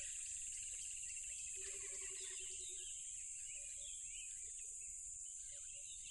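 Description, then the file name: Crickets form a constant shrill backdrop, joined by a short low pulsed trill and a few soft scattered chirps. Loud crickets by a tropical river. "smartsound ATMO NATURE Tropical River Loud Crickets"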